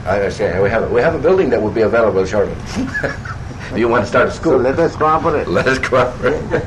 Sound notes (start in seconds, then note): 2.6 laughs; 5.5 laughs